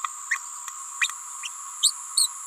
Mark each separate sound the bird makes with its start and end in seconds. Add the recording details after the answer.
0.30-0.36, 1.82-1.92, 2.17-2.29. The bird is a female. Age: 28 days. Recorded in a nest box in Venezuela. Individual 17B31A3